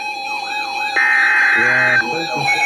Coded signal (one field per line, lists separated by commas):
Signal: Emergency Alert System (SAME) tones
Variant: header bursts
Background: speech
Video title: Severe Thunderstorm Warning #8 - 06/27/19 (EAS #1,876)